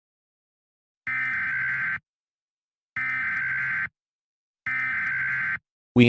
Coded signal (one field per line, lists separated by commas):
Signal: Emergency Alert System (SAME) tones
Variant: header bursts